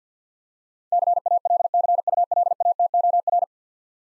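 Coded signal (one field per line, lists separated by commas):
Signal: Morse code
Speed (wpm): 50 wpm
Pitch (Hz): 700 Hz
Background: none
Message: CALCULATOR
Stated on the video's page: Morse speed drill of easy words at 50 wpm with contextual hints.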